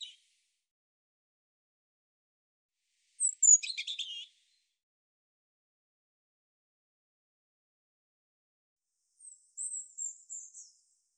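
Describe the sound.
European robin song: short high, thin warbled phrases with fast stuttering notes, about three seconds in and again near the end, separated by long silent pauses.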